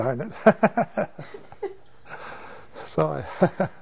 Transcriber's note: laughs